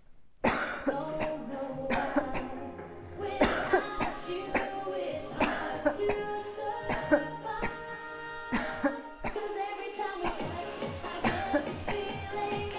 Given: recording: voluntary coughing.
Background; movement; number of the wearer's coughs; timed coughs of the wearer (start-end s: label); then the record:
music; sitting; 16
0.42-0.94 s: cough
1.07-1.44 s: cough
1.87-2.25 s: cough
2.25-2.61 s: cough
3.38-3.88 s: cough
3.99-4.21 s: cough
4.52-4.79 s: cough
5.38-5.95 s: cough
6.06-6.45 s: cough
6.88-7.25 s: cough
7.61-7.89 s: cough
8.51-9.08 s: cough
9.24-9.45 s: cough
10.22-10.49 s: cough
11.22-11.69 s: cough
11.86-12.09 s: cough
From the record:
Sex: female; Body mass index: 22.6 kg/m2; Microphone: on the chest, facing outward